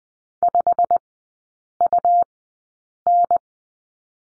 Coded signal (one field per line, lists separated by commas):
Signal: Morse code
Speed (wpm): 20 wpm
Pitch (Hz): 700 Hz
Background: none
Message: 5UN